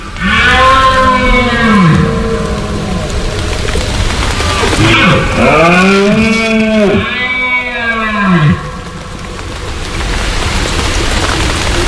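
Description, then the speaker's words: Red Deer rutting roars: deep, drawn-out bellows that rise and fall, several calls in long bouts, over a constant background hiss. Rut roaring recorded in Monfragüe in light drizzle; heard in the hills from September into October as autumn begins, after the first grass grows following storms. "Bueno, de hecho esta berrea está grabada en Monfragüe, este sonido."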